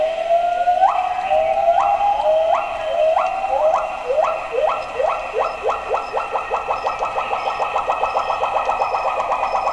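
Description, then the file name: Pileated gibbon calling in swooping upward hoots that speed up steadily into a rapid, bubbling climax. South-east Thailand. "H -Pileatus-Pileated-giboon-SE-Thailand"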